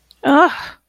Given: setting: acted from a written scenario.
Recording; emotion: vocal sound without words; negative surprise